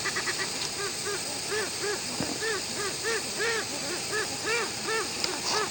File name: westland black petrel song